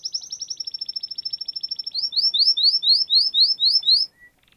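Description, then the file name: Canary song: a fast high trill, then about eight clear upward-sweeping whistles in steady rhythm, closing with a short quiet note. Canary song used for training other birds (masteran). "Suara Burung Kenari untuk Masteran"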